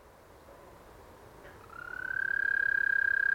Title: Eastern American Toad 9:20pm Apr 30 2015